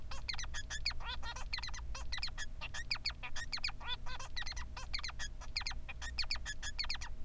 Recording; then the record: song of a male Bengalese finch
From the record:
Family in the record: son of father 3